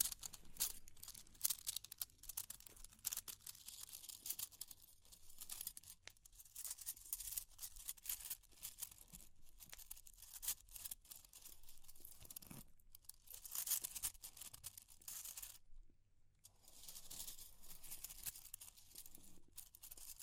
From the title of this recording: Fire Crackling, Tapping, Scratching